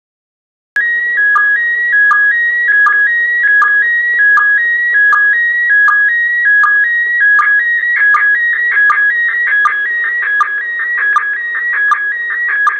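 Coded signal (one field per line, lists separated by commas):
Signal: SSTV (slow-scan television)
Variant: PD180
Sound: warbling tone shifting between two pitches, with a short low chirp about every three-quarter second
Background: faint radio hiss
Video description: Slow Scan TV (SSTV) received in Southern England (West Sussex) from the International Space Station on the evening of 31 January 2015.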